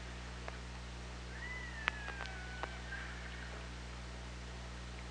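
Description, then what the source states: Killer whale call: a clear whistled tone held fairly level, with sharp clicks scattered around it over steady underwater hum. OrcaLab hydrophone, 24 August 2017, 17:51.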